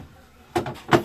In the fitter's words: it locks it there it is locked